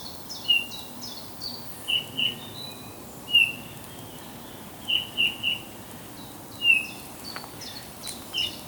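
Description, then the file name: Eurasian bullfinch giving soft, short piping whistles, single or in quick pairs at irregular intervals, with faint high chirps from other birds behind. "Pyrrhula pyrrhula"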